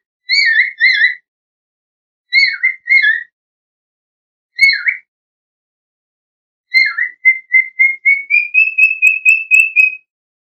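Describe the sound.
Bird whistling short groups of down-slurred notes, then a long series of rapid repeated notes that climbs and levels off.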